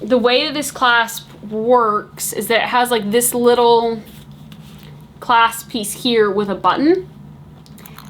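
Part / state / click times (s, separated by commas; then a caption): handbag flap clasp into its gold metal catch / seated / 7.9 s, 8.0 s. Someone talks while sliding the button clasp piece on a leather handbag flap into its small gold metal catch. Soft handling rustles are followed by a pair of short, sharp clicks at 7.9 s and 8.0 s as the clasp seats closed.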